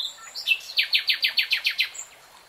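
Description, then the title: Nightingale song: a soft introductory note, then several loud, evenly spaced chopped notes in a rapid series. Nightingale singing in real time. "[Tiếng chim hót] 3 Hours REALTIME Nightingale Singing"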